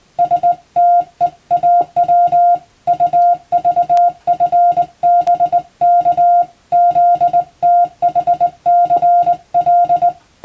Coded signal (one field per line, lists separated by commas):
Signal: Morse code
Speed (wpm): 20 wpm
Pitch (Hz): 700 Hz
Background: music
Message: STEAW UVFBK ZTHCL